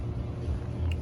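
The metal lock rod retaining clip on a 2007 Toyota Tundra tailgate latch is pushed with both hands onto the lock cylinder during a tailgate latch replacement, against a steady low background rumble. A single short, sharp click at 0.9 s marks the clip snapping into place, seated and holding the lock so it won't move.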